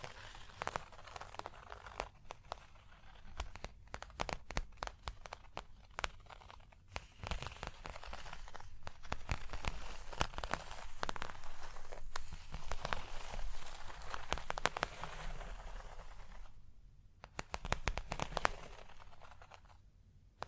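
Fingers tap, scratch and trace across a surface in a dense, irregular stream of sharp clicks and rough scraping strokes. Taps come in quick clusters throughout, over a low steady rumble, with a brief quieter gap around sixteen seconds before the scratching resumes.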